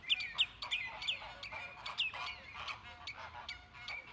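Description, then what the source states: Flamingo honking calls, a dense run of nasal, goose-like notes several times a second, some overlapping. Captive flamingos in the flamingo enclosure at Bristol Zoo.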